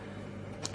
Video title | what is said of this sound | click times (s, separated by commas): Review รีวิวกล้อง Kodak Six-20 Hawkeye | ไม่มีอะไรมากนะครับปิดแล้วก็ล็อก | 0.7 s